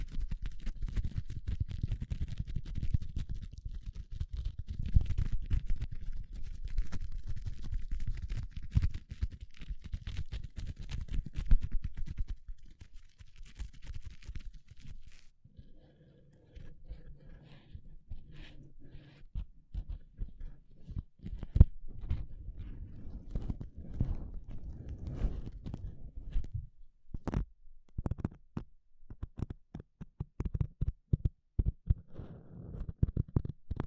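Gloves rub and scrape in a dense run of crackling, scratchy handling for the first fifteen seconds. After a brief lull, the movement turns sparser and more broken, with soft rustles and short sharp snaps that grow more frequent near the end.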